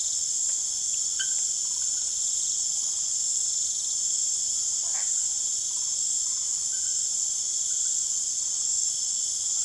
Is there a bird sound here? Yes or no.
no